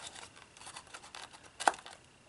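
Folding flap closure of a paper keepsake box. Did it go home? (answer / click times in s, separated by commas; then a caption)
yes / 1.7 s. Small flaps of a die-cut paper keepsake box are folded over to close it, with soft paper rustling and light scraping throughout. A sharp, brief snap comes at 1.7 s as the flap tucks in and locks the box closed.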